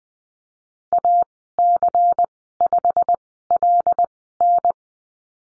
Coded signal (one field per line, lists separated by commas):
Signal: Morse code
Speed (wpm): 20 wpm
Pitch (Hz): 700 Hz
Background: none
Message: AC5LN